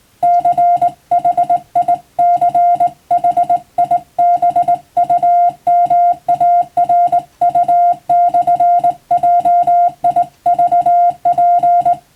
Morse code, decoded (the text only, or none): CHICHIBUMARU/JIVP